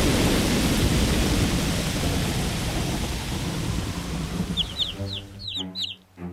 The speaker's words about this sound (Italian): Questo forte vento sta spazzando via le scenografie, danneggiando i materiali, sta trasformando il terreno in una palude.